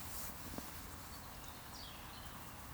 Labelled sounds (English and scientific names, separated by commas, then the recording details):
Eurasian Woodcock (Scolopax rusticola) whistle
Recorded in Baden-Württemberg, Germany, on 8 June 2020 at 19:54 UTC
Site 44842, 218 m above sea level